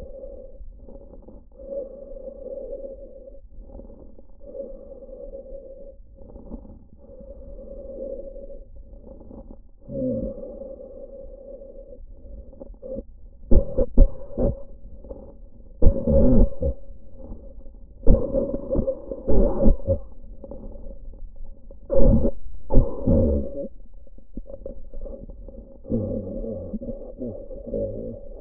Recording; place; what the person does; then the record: lung sounds by stethoscope; trachea; quiet breathing, then cough and speech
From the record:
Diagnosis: pulmonary infection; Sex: male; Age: 69 years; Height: 184 cm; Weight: 115 kg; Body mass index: 34.0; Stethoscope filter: diaphragm mode